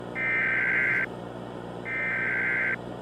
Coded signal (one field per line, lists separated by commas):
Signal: Emergency Alert System (SAME) tones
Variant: header bursts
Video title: NEKO SEEK - EAS WARNING #gamingkidsEAS